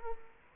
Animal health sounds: mosquito wingbeat signal from an infrared sensor; Culex quinquefasciatus

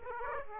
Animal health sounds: mosquito wingbeat signal from an infrared sensor; Aedes aegypti

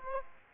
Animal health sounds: mosquito wingbeat signal from an infrared sensor; Aedes aegypti

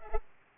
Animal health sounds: mosquito wingbeat signal from an infrared sensor; Culex pipiens

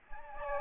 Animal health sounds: mosquito wingbeat signal from an infrared sensor; Aedes aegypti

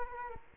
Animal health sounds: mosquito wingbeat signal from an infrared sensor; Culex quinquefasciatus

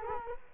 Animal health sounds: mosquito wingbeat signal from an infrared sensor; Culex quinquefasciatus

